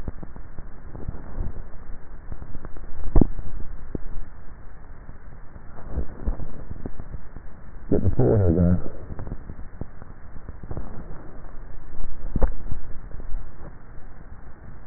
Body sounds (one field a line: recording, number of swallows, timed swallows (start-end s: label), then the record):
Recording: swallowing sounds by neck microphone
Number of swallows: 2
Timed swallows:
3.07-4.20 s: swallow
12.20-13.33 s: swallow
From the record:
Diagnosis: dysphagia